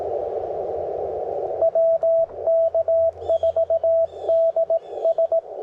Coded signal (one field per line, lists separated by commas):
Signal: Morse code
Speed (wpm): 18 wpm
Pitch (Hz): 660 Hz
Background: radio noise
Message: WK4DS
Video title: WARC band activation on Contest Weeked